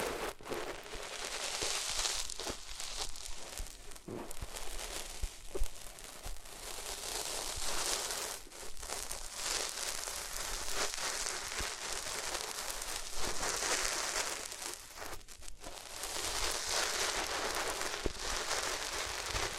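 Rubbing against different materials makes a dense, steady scratchy rustle, bright and hissing like rain on a surface. Short sharp crackles and pops break through every second or two, and a few soft thumps sit underneath. The level stays fairly even for the whole stretch.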